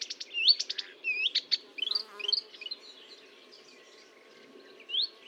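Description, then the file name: Marsh warbler singing quick bursts of sharp chips and slurred whistled notes, the phrases thinning out toward the end with a short pause. Recorded at Fontaine-Française, Fourneau, on 1 June 2022 at 10:55, using a Nagra recorder with a Telinga parabolic microphone. "Rousserolle verderolle 1055 Fontaine-Francaise-Fourneau"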